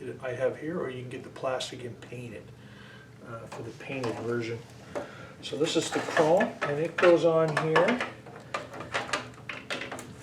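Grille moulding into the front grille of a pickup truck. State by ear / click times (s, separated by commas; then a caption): seated / 8.5 s, 9.5 s. Someone talks while a chrome plastic grille moulding is pressed onto the front grille of a smashed Chevy Colorado pickup truck. Its clips snap into place with sharp clicks at 8.6 s and 9.5 s, and the moulding is seated.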